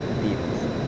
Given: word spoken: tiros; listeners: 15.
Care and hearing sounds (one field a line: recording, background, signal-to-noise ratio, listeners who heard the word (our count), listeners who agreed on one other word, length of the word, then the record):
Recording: one Spanish word in noise, from a listening test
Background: speech-shaped noise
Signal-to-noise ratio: -5.2 dB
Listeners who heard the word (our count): 0 of 15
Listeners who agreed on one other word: 8 of 15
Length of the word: 0.47 s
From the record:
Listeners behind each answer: 8, 3, 1, 1, 1, 1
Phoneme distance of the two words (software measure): 20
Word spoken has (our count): 2 syllables, 5 phonemes, stress on syllable 1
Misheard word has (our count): 2 syllables, 5 phonemes, stress on syllable 1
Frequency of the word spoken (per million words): 16.18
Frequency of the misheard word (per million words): 31.41